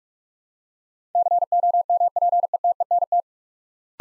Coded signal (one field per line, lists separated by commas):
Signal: Morse code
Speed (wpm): 44 wpm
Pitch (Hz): 700 Hz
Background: none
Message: COMPETENT